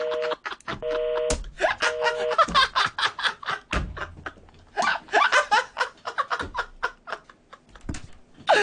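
Three short, steady beeps of a phone's busy tone after a caller hangs up pulse on and off at an even pace, then give way to loud laughter and animated chatter.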